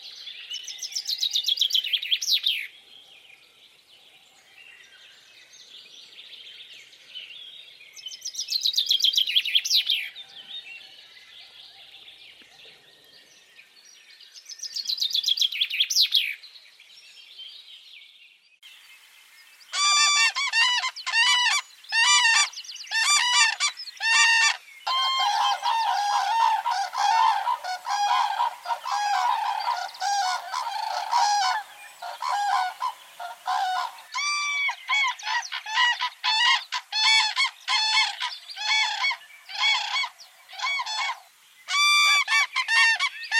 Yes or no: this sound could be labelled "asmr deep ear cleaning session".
no